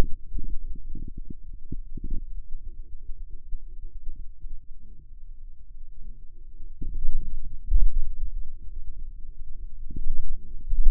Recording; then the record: forearm muscle sounds (acoustic myography)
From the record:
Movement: radial deviation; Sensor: system 2, bracelet of six BSWA MPA416 microphones around the upper forearm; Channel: 5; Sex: male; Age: 22 years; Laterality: right